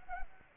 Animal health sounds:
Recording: mosquito wingbeat signal from an infrared sensor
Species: Anopheles arabiensis

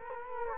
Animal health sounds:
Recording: mosquito wingbeat signal from an infrared sensor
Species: Culex quinquefasciatus

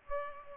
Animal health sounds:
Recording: mosquito wingbeat signal from an infrared sensor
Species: Culex pipiens

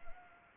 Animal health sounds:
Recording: mosquito wingbeat signal from an infrared sensor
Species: Anopheles gambiae

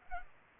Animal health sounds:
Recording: mosquito wingbeat signal from an infrared sensor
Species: Culex pipiens

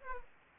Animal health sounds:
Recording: mosquito wingbeat signal from an infrared sensor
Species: Aedes aegypti

